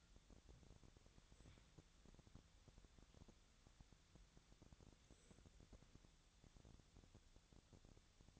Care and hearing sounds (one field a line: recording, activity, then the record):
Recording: daily activity, microphone in the room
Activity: wipe stove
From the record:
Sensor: 3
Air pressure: 1007.1 hPa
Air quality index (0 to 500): 204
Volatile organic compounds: 18 ppm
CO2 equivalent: 2613 ppm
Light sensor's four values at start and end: 11/27/11/11 and 11/27/11/11